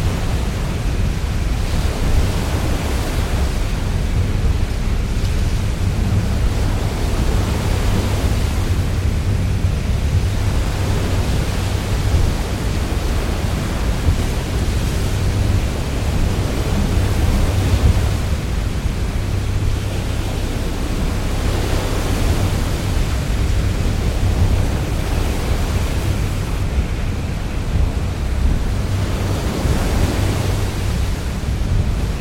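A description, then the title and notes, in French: Wind and rain roar against a ship's steel hull in a storm at sea, heard from inside the cabin. The sound is a dense, constant rush weighted toward a deep low rumble, with slow surges of hiss swelling every few seconds and no pauses. Mer Déchaînée. Bruit Blanc du Vent et de la Pluie depuis la Cabine du Navire. Montez à bord d'un puissant pétrolier de charge alors qu'il affronte la tumultueuse mer du Nord. Avec des vitesses de vent rugissant à un incroyable 70-80 nœuds et la pluie battant inlassablement la coque en acier. Accompagné du ronronnement rassurant des moteurs puissants.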